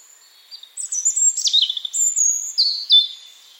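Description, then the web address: European robin song: thin high whistles and tumbling trilled notes, including long drawn-out sustained tones, forming one continuous liquid phrase. "Deverinetal 2025 File origin Bird Only Er Ru"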